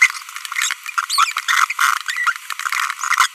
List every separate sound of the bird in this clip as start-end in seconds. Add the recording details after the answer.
0.02-0.11, 1.10-1.32, 1.48-1.65, 1.70-1.72. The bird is a female. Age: 25 days. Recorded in a nest box in Venezuela. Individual 17B42B1